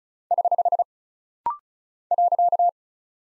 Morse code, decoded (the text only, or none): <HH> .